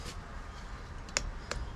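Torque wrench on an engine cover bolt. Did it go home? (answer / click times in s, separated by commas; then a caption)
yes / 1.2 s, 1.5 s. A torque wrench tightens a bolt on the engine cover of a Briggs & Stratton single-cylinder small engine, the first step of a three-step sequence toward 220 inch-pounds. After a quiet stretch of low background noise, two sharp clicks ring out at 1.2 s and 1.5 s. The wrench clicks at its setting, confirming the bolt reached the target torque for that step.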